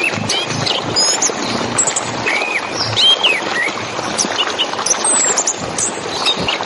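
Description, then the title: Orange-headed thrush song, scattered whistled and slurred notes over loud, steady rushing noise. Relaxed 'ngeplong' song, used as a lure to prompt a caged young bird just past its spotted juvenile stage ('lepas trotol') to sing. "Anis Kembang Ngeplong Santai , Untuk Pancingan Anis Kembang Lepas Trotol"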